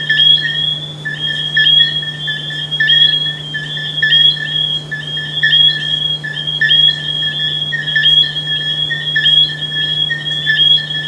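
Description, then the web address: Frogs calling in a dense chorus of high, shrill, overlapping notes, repeated over a constant low hum. "humbot audio frogs"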